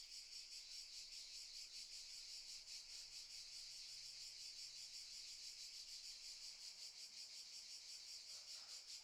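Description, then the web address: Cicadas produce a continuous high, sizzling buzz with faint regular throbbing. Cicadas stridulating very loudly in summer fields, by day in the morning. "Sculp Tunes - Summer in the field - Crickets and Cicadas - Summer in the fields - DAY Morning - the cicadas stridulate very loudly"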